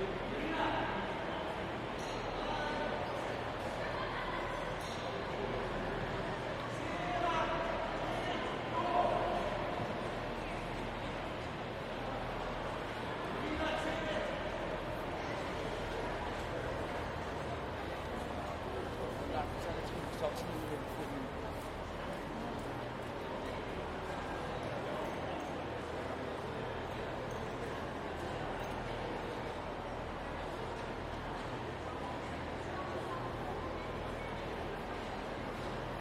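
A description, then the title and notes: Busy train station hall with a steady, dense murmur of many voices, a low constant hum underneath, and a brief louder moment near nine seconds. Just past 14:00. Central Station.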